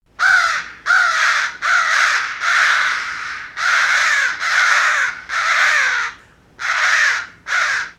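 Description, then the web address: Bird giving a loud series of harsh, drawn-out caws, some nearly a second long, with short gaps between them. "animals birds"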